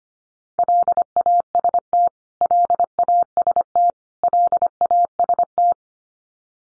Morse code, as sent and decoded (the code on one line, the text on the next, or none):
.-.. .- ... - / .-.. .- ... - / .-.. .- ... -
LAST LAST LAST